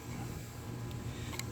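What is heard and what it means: A flat screwdriver pushes the gray locking tab on a wiring harness connector of a Chevy Cruze 1.4L turbo engine over hard, against a steady low hum. The tab clicks open sharply at 1.4 s, releasing the plastic connector so it can be slid up and off.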